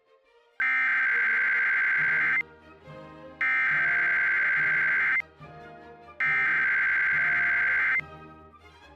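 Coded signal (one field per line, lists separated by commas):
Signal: Emergency Alert System (SAME) tones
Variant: header bursts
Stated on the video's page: Simulated EAS alert.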